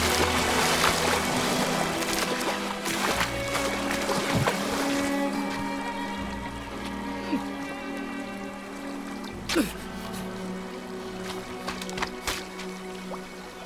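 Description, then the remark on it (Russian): A boy runs through a forest and river: continuous rushing, churning water with a few sharper splashy bursts as he moves through it, over a steady tonal hum that runs underneath throughout. “Он побежал через лес и реку.”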